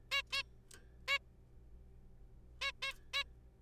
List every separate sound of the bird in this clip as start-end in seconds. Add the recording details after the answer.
0.11-0.22, 0.33-0.42, 1.08-1.18, 2.62-2.71, 2.82-2.92, 3.14-3.23. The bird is a juvenile. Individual R3428